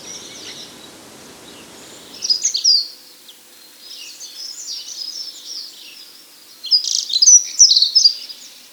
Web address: Dunnock